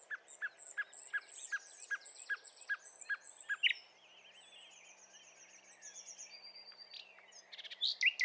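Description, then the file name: Common nightingale song: a steady series of sharp, staccato notes, then a lull of faint twitters before a loud, high burst. "Luscinia megarhynchos"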